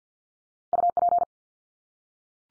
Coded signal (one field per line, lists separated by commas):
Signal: Morse code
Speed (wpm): 48 wpm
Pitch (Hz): 700 Hz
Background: none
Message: UP